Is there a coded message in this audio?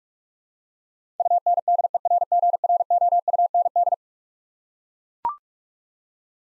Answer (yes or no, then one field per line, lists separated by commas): yes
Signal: Morse code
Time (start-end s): 1.2-3.9 s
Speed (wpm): 42 wpm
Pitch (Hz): 700 Hz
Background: none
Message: UNDERGROUND